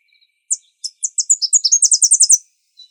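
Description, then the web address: Tennessee Warbler song: a few spaced high chips speeding up into a fast, even trill of sharp notes, then a faint note after. From the Arizona Field Ornithologists sound library; dated 050107. "Sound Library Vermivora Parula Dendroica AZFO TEWA deviche 050107"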